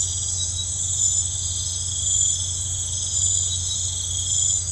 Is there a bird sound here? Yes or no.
no